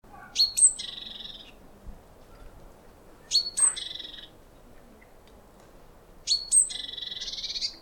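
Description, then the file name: Great tit giving a sharp high note followed by a harsh buzzy churr, repeated three times about every three seconds over steady low background noise. "Parus major"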